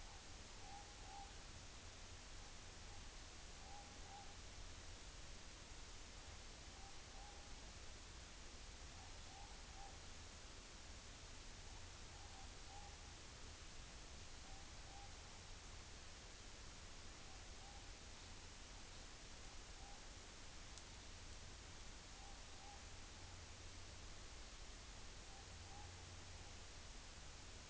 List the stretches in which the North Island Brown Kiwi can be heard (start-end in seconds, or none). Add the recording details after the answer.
none. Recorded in New Zealand on 29 April 2013. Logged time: 02:19